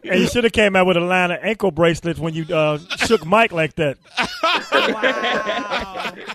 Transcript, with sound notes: And you should’ve came out with a line of ankle bracelets when you shook Mike like that. (Laughter)
Wow.